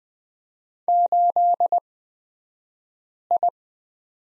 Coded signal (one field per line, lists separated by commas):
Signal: Morse code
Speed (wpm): 20 wpm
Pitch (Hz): 700 Hz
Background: none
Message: 8I